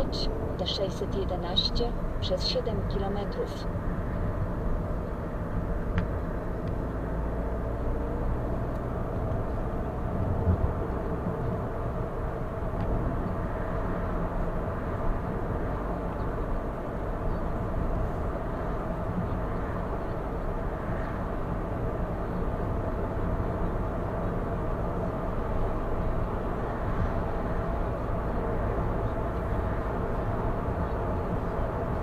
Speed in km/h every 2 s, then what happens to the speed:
55, 56, 58, 64, 69, 70, 72, 68, 68, 68, 71, 71, 74, 76, 78, 78.
0-11 speeds up to 72. 11-18 steady at about 68. 18-32 speeds up to 78.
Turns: none.